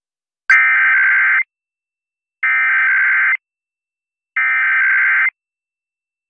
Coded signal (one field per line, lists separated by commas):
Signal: Emergency Alert System (SAME) tones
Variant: header bursts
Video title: EAS 4818-4819: KLOVE EAS Test From 12/30/23